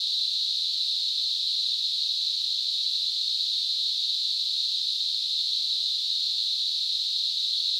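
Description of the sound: Simulated tinnitus: a steady, continuous high-pitched hiss of band-limited noise centered around 4 kHz, unchanging in loudness throughout, with nothing in the low frequencies.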